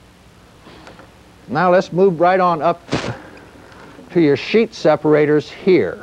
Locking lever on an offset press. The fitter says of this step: make sure you can slide it evenly push down on the lever and it locks into place